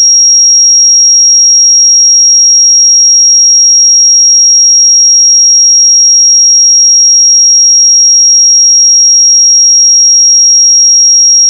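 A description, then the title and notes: A pure sine tone at 5614 Hz holds perfectly steady for the whole twelve seconds, a single thin, high, piercing pitch. Its loudness never changes, and nothing else is present: no background sound, no breaks, no other notes. 5614 Hz 1 Hz Interval Sine Pure Tone Frequency 441000 Sample Mono.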